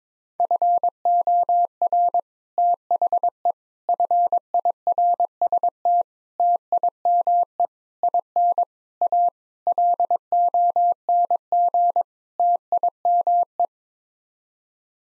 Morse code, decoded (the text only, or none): FOR THE FIRST TIME IN A LONG TIME